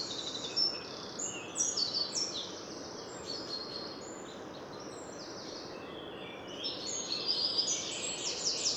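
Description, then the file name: Eurasian wren song: bursts of piercing high twitters and trills, quieter in the middle then rising again near the end, with a continuous hissing background. "Troglodytes troglodytes"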